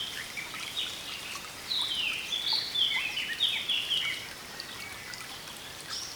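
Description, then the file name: Eurasian blackcap delivering one rich, tumbling warbled phrase over steady background noise. "Sylvia atricapilla"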